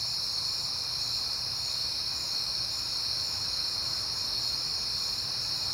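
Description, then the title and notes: Crickets: a steady wall of high trilling runs unbroken from start to finish over a soft low hum. Crickets recorded on a peaceful night in September. "Night Time: Crickets and Passing Cars. It is September and I have been hearing the crickets a lot, but finally had a peaceful night to make the recording"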